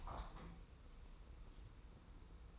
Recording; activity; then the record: daily activity, microphone in the room; open window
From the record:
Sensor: 1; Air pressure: 990.4 hPa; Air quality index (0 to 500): 167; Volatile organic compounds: 1000 ppm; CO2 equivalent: 6112 ppm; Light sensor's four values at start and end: 21/46/20/21 and 21/47/20/22